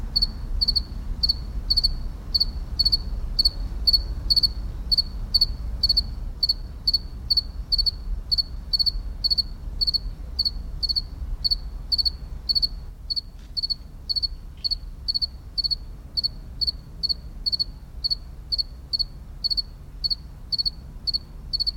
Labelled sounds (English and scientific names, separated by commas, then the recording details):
House Cricket (Acheta domesticus) stridulation
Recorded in captivity
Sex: male
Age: imago
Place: Tiergarten Schönbrunn, AT
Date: 1994-09-28 17:30
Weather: bedeckt, 22°C
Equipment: Marantz CP 430, Sennheiser ME 80, Kopie Uher Variocord 263
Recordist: Tembrock, Günter
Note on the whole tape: Stridulation (ca. 20 °C) - zuletzt sehr gut; an Mülltonne